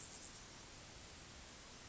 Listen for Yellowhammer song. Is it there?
no